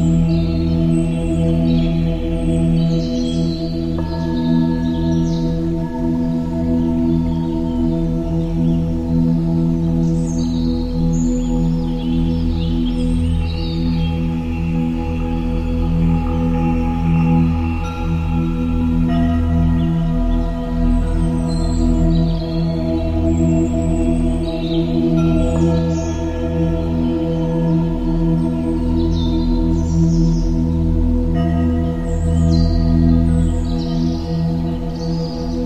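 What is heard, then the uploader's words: Soft flute music with forest sounds plays over a steady, humming bed of low sustained tones that ring on without pause. Bright chirps of birds come and go high above, clustering around 5, 20, 25 and 32 seconds, while the level stays even throughout. Relaxing flute music with forest sounds.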